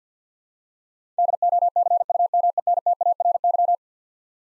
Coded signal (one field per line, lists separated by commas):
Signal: Morse code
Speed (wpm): 46 wpm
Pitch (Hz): 700 Hz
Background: none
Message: DOCUMENTARY